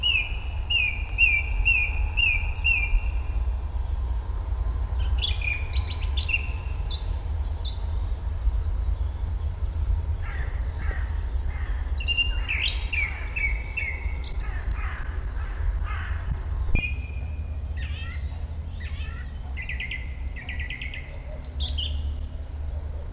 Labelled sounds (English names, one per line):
Song Thrush song